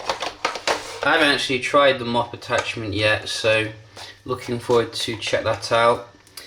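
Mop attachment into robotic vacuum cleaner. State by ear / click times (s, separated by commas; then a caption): not seated / none. Someone talks while handling a plastic mop attachment at a VANiGO Smart robotic vacuum cleaner, with a few short knocks near the start and faint ones at the end. The mop attachment has not clicked into place yet.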